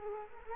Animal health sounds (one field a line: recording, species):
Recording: mosquito wingbeat signal from an infrared sensor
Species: Culex quinquefasciatus